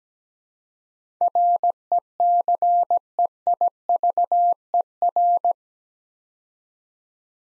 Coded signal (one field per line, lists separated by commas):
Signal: Morse code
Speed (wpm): 17 wpm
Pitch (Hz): 700 Hz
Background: none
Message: RECEIVER